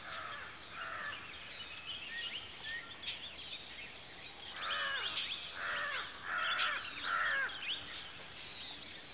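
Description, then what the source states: Bird: harsh, throaty caw-like calls repeated in a loose series over a steady chorus of thin high chirps and twitters from many birds. Birds at a watering hole in the afternoon.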